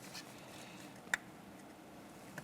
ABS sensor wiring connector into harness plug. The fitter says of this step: press it in listen for a click give it a tug to make sure it's completely secured